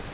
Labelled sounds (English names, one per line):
Virginia's Warbler flight call